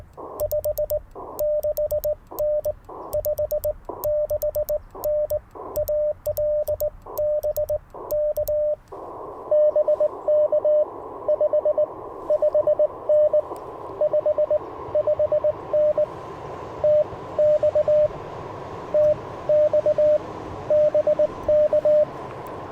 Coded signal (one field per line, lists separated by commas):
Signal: Morse code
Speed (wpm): 20 wpm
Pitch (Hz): 600 Hz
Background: radio noise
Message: 56N 56N AL BK BK 55N 55N TX TX BK